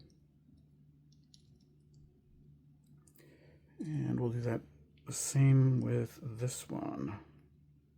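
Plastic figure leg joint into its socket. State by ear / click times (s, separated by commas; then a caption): not seated / none. A plastic leg joint of a Blokees Transformers brick-style model-kit figure is handled before being pushed further into its socket. A few faint light ticks come early, then someone talks. Nothing has seated or clicked into place yet.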